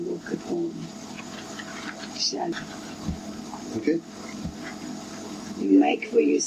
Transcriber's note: there's a lot of shuffling of papers